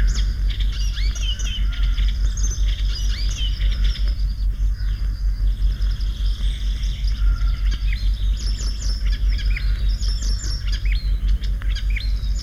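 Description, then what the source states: Icterine Warbler song, a long busy medley of scratchy chirps, thin whistles and quick trills, delivered continuously over low steady noise. Whole song made of fragments borrowed from other birds; its own characteristic sound is a nasal 'tey'.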